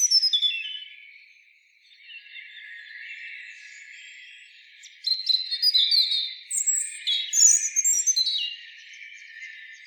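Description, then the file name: European robin song: a high thin phrase of falling notes, a quieter pause, then a rapid jumble of sharp twittering and warbled notes rising and falling. "Erithacus rubecula"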